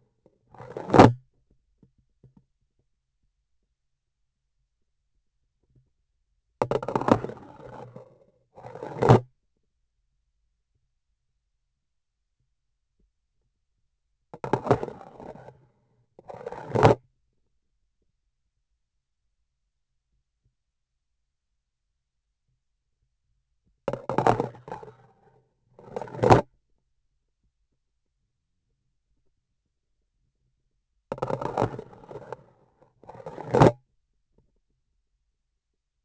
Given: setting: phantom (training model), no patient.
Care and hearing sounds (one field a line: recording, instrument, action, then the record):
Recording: laparoscopic instrument, vibration sensor on the handle end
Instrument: grasping forceps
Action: insertion and removal through the trocar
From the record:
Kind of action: spatial motion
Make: other than Olympus